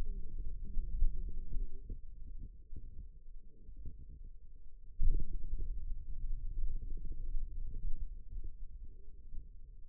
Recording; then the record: forearm muscle sounds (acoustic myography)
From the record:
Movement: finger pinch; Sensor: system 2, bracelet of six BSWA MPA416 microphones around the upper forearm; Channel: 4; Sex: female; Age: 21 years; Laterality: right